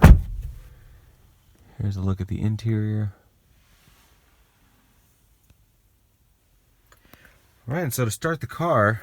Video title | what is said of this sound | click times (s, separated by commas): Can't Afford a TRD PRO? GET THIS!---2018 Toyota 4Runner TRD Off-Road Review | of course when you open it it's kind of nice click to it as well | 0.0 s